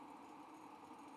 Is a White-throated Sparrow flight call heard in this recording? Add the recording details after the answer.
no. No flight call is heard. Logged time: 11:48 on 5 December 2014